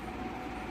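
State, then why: Not seated. A drum unit part is pressed into the locating holes of a Xerox AltaLink B8055 printer drum cartridge housing during reassembly. A steady low rumbling hum runs through the clip with no distinct click. The part has not locked fully because a corner is still sticking out and needs pressing down, so nothing has seated or clicked yet.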